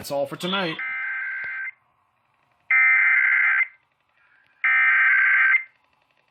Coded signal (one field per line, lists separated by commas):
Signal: Emergency Alert System (SAME) tones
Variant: header bursts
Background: speech